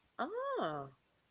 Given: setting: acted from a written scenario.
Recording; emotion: vocal sound without words; interest